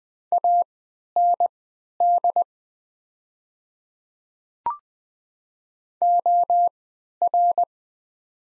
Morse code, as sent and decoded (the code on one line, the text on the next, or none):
.- -. -.. / --- .-.
AND OR